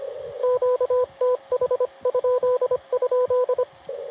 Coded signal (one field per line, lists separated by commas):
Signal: Morse code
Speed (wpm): 26 wpm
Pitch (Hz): 1000 Hz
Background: radio noise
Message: QTH??